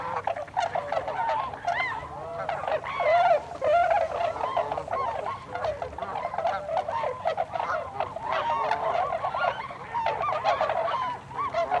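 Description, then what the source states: Tundra swans in a busy chorus, overlapping soft hoots and wavering bugles, continuous throughout. Tundra swans, 26 December 2020.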